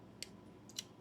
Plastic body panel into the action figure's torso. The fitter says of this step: Snap into place